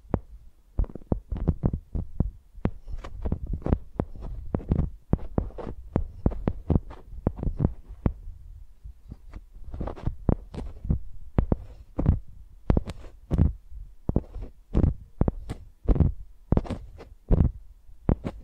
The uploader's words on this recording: Using Mics as Pencils (No Talking).